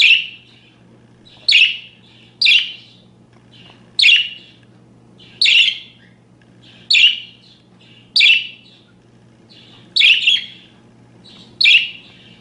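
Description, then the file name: Parakeet giving a steady run of shrill, rasping chirps, one pair among them, spaced every second or two, with a low background hum. "suara-burung-parkit -omkicau"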